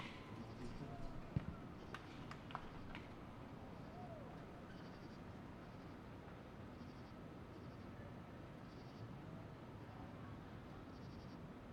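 Crickets chirp in short, evenly spaced pulses over a steady low murmur of quiet chatter, with a few sharp knocks near the start.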